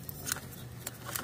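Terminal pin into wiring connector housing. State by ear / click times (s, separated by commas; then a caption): seated / 0.3 s. A crimped terminal pin is pushed all the way into a plastic connector housing for the charge port lighting harness of a GM accessory illuminated charge port on a Chevy Bolt EV. It goes in easily and snaps into place with a sharp click at 0.3 s, among a few other brief ticks over a low hum. The pin is seated.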